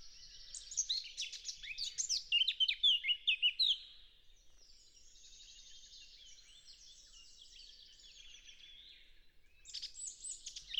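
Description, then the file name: Eurasian blackcap song: a loud varied warble of whistled notes for a few seconds, followed by a long stretch of soft, scratchy twittering, then a renewed short burst. "Sylvia atricapilla"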